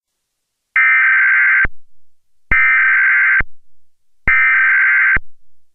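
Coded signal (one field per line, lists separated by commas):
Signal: Emergency Alert System (SAME) tones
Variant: header bursts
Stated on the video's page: Fake EAS fire warning.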